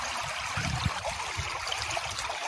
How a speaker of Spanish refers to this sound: Este es el sonido del río Suspe. En la reserva hídrica Los Gigantes, hermoso río del que toman agua miles de personas.